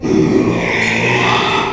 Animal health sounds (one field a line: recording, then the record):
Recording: squeal of a Yucatan mini pig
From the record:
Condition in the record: after surgery on the right vocal fold (resection and tissue-engineered implant)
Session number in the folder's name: 1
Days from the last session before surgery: 6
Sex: male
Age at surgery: 12 weeks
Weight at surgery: 13 kg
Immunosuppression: cyclosporine, prednisolone